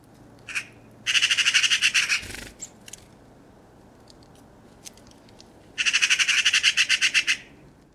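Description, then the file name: Eurasian magpie chattering: two bursts of rapid, harsh, rattling notes, each lasting over a second, separated by a few seconds of quiet with faint clicks. "Pica pica"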